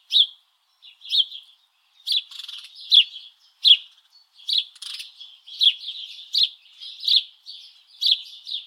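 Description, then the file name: House Sparrow chirping, clipped cheep notes repeated in a run that grows busier toward the end. "Passer domesticus"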